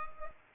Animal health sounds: mosquito wingbeat signal from an infrared sensor; Culex pipiens

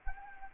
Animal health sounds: mosquito wingbeat signal from an infrared sensor; Anopheles arabiensis

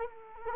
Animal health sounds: mosquito wingbeat signal from an infrared sensor; Culex quinquefasciatus

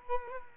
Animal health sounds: mosquito wingbeat signal from an infrared sensor; Culex quinquefasciatus

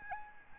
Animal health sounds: mosquito wingbeat signal from an infrared sensor; Aedes albopictus

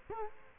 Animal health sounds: mosquito wingbeat signal from an infrared sensor; Culex quinquefasciatus

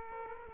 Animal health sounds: mosquito wingbeat signal from an infrared sensor; Aedes aegypti

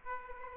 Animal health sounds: mosquito wingbeat signal from an infrared sensor; Aedes aegypti

